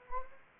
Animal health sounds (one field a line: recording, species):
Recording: mosquito wingbeat signal from an infrared sensor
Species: Anopheles gambiae